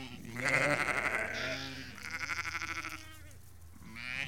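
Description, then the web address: Sheep bleating in a dense chorus, overlapping quavering calls forming a near-continuous noisy wash of many animals. About 30 to 50 ewes and lambs calling together. "BBC Sound Effects Library (Livestock) About 30-50 Ewes and Lambs Calling"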